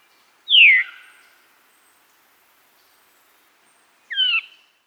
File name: Veery